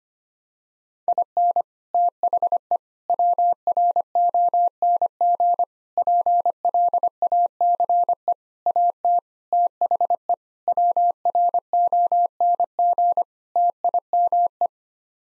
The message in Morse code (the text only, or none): IN THE WRONG PLACE AT THE WRONG TIME